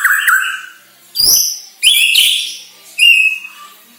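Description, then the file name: White-rumped shama song: several bursts of whistled and buzzy high notes separated by short pauses. Bornean type; lure recording meant to make shamas sing actively ('gacor'). "Sara Pancingan Murai Batu Borneo Agar Gacor Dor"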